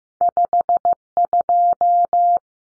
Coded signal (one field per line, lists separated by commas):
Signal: Morse code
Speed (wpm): 15 wpm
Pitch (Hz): 700 Hz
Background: none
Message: 52